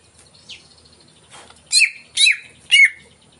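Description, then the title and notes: Greater green leafbird giving three loud squawky downslurred notes in steady succession after a faint note. Played as a lure to prompt a caged cucak ijo to sing before it is hung up; described as gacor, in full song. "Pancingan CUCAK IJO Mau Di Gantang. Cucak Ijo Gacor"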